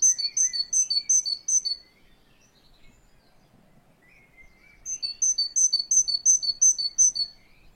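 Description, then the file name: Great tit song, sharp high two-note units repeated rapidly in two runs separated by a quiet gap, with faint low background noise. "Canto do chapins real"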